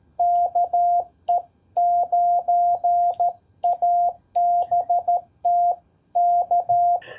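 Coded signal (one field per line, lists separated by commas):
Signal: Morse code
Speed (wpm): 13 wpm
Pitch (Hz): 700 Hz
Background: none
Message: KE9ABT K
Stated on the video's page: CW Parks on the Air activation, 5 watts from an IC-703+ on two HF bands, antenna raised on a SpiderBeams mast.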